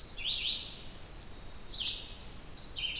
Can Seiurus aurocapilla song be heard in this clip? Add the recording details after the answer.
no. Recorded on 2 June 2016 at 08:57. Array SBT-3-7